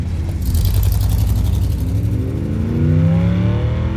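A car engine revs loudly and pulls away, its steady low rumble rising in pitch as it accelerates, with a brief hiss of tires at the start.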